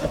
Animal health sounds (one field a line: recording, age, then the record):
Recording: pig call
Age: piglet (1 to 25 days)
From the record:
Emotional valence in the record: positive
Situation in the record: reunion after long isolation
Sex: female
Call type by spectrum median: low-frequency call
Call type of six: low-frequency tonal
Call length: 0.10 s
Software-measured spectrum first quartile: 206 Hz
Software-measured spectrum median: 505 Hz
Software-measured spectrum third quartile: 763 Hz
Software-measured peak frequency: 574 Hz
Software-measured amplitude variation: 156 dB a second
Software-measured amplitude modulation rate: 4.9 a second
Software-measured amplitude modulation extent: 31.9 dB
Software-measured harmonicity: 1.8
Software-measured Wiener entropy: -0.58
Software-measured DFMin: 815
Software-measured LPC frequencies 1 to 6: 570, 1462, 2697, 3444, 4425, 5507 Hz